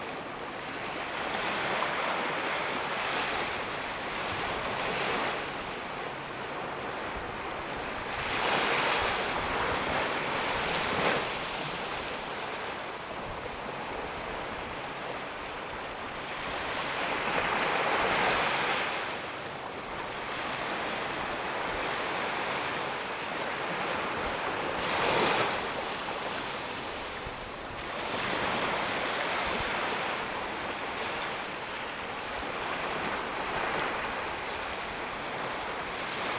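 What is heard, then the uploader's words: Ocean waves wash in and break in a steady rhythm, each surge swelling into a bright hiss roughly every six to eight seconds, with strong crests near 9, 18 and 25 seconds. Between breakers a constant rushing wash remains, with light wind noise underneath. Relaxing ocean wave sounds.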